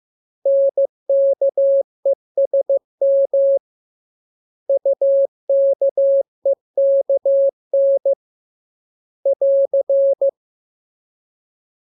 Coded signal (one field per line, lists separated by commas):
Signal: Morse code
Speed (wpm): 15 wpm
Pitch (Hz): 550 Hz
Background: none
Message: NKESM UKEKN <AR>